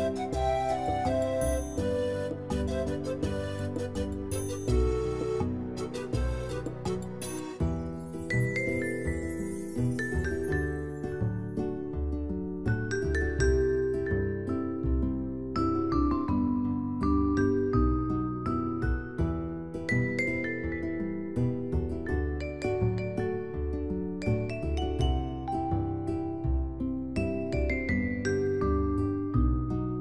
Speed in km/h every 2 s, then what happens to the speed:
88, 88, 91, 95, 98, 101, 105, 108, 112, 115, 118, 118, 119, 117, 119.
0-19 speeds up to 118. 19-30 steady at about 118.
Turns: none.